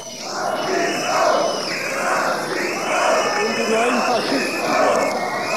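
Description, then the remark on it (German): A large crowd, mostly young people, chants "Nazis raus" in unison inside the Godesberg Stadthalle as Republikaner leader Schönhuber enters the hall, the loud rhythmic shout repeating about four times in steady, swelling waves. “Kaum hatte Republikanerführer Schönhuber unter frenetischem Beifall seiner Anhänger den Saal betreten, schallte es ihm entgegen: Nazis raus.”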